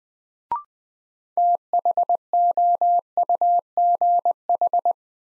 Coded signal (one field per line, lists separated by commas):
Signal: Morse code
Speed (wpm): 20 wpm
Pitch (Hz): 700 Hz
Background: none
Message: THOUGH